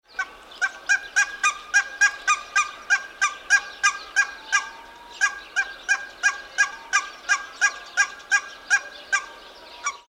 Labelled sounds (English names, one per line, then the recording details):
Canada Goose
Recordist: Tembrock, Günter
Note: Ruffolge